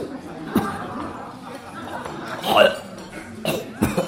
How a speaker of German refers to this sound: Da nähern sich zwei Kinder und entleeren keck in seinem Mund ein Fläschchen Maggi. Er erwacht, spuckt aus und hustet, alles lacht.